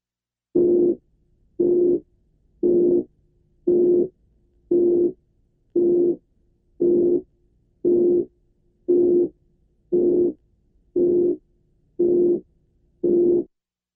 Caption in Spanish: Algunos de los sonidos generados por el corazón pueden ser algo musicales debido al predominio de una frecuencia. Si superpongo la nota pura de 360 de frecuencia sobre la banda congregada alrededor de los 360 ciclos, refuerzo la frecuencia de 360 y el soplo tiende a adquirir un timbre musical.